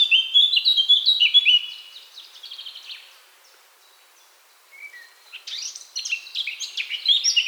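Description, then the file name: Eurasian blackcap song: a rapid bright warble for about two seconds, a near-silent gap, then another energetic phrase of whistles and chirps. "Sylvia atricapilla"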